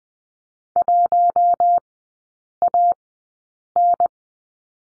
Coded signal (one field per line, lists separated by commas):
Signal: Morse code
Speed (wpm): 20 wpm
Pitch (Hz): 700 Hz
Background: none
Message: 1AN